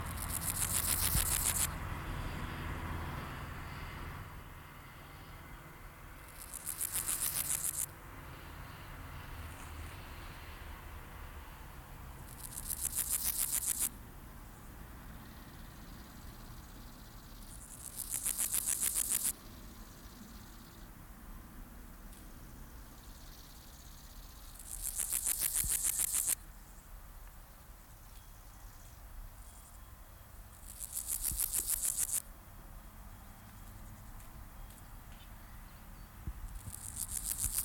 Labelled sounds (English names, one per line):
Meadow Grasshopper stridulation